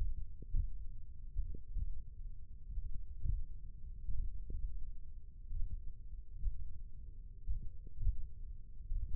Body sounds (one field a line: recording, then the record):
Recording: forearm muscle sounds (acoustic myography)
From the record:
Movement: tripod grip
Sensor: system 1, eight BSWA MPA416 microphones around the upper forearm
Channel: 2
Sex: male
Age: 20 years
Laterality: left